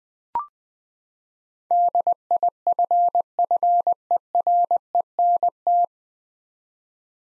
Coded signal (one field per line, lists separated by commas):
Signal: Morse code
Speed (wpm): 20 wpm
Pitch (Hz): 700 Hz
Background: none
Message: DIFFERENT